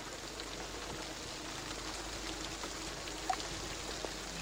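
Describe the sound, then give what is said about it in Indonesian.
Sudden rain falls during a journey, a steady, even hiss, soft and continuous, with a couple of brief sharper drips or taps standing out near the end. No voices. “Di tengah perjalanan, tiba-tiba hujan turun.”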